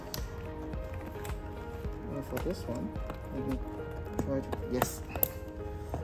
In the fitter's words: yeah you can hear the click sound which is good